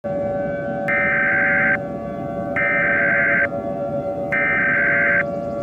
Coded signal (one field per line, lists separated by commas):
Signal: Emergency Alert System (SAME) tones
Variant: header bursts